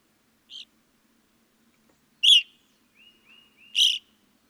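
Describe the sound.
Evening grosbeak calls: one faint chirp, then two loud harsh clipped notes separated by a few soft whistled slurs.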